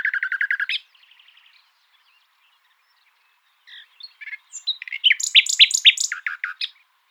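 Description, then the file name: Common nightingale song: a fast rattle of repeated notes, a soft trill, a pause, then a loud phrase of rapidly repeated sweeping chirps. "Luscinia megarhynchos"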